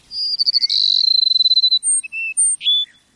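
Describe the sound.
Cassin's Sparrow song: a high stuttering series of notes, then a long, fast, even trill, ending in a few separate clear whistles at different pitches.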